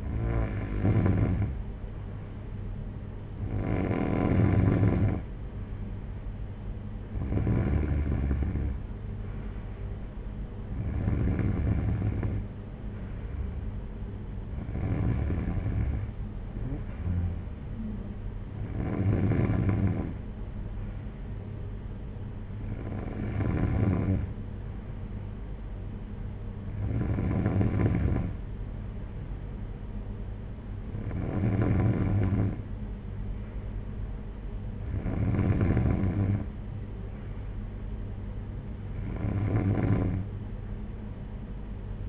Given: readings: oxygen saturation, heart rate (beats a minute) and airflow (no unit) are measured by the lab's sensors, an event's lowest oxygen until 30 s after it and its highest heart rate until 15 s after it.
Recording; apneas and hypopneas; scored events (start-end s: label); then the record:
breathing in sleep by a smartphone at the bedside; none
none scored
From the record:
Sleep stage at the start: N3 (deep sleep); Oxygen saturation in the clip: 93 to 94%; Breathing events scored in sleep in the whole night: 226 in 8.8 hours asleep